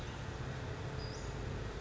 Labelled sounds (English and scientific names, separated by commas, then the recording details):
Western Flycatcher (Empidonax difficilis)
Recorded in Sonoma County, California